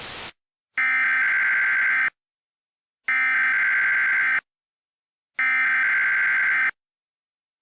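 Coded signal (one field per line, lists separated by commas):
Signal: Emergency Alert System (SAME) tones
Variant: header bursts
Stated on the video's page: Fictional mock EAS alert, not a real one.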